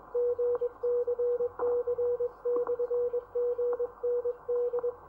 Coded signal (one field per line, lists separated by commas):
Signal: Morse code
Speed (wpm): 21 wpm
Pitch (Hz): 480 Hz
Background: radio noise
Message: GCC/GND